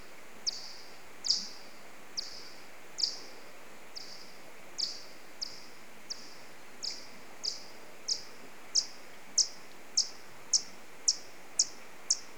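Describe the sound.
Alcathoe bat echolocation calls: a long, steady run of short, high chirps, coming slightly faster and louder toward the end.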